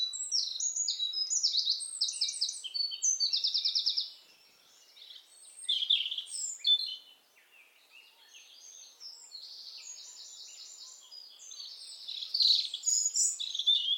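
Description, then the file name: European robin song with rapid rattling trills and high sweet notes in long jumbled phrases, a brief lull midway, then more fast trilled passages. "Erithacus rubecula"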